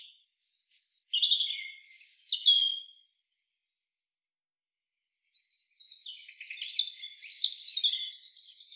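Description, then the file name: European robin song in two bursts: sharp thin notes and falling trills, a long silence, then a fizzing, tumbling high phrase. "Erithacus rubecula"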